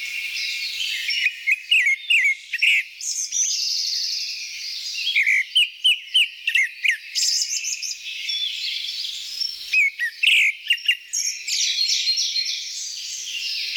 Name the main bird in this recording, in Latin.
Turdus hortulorum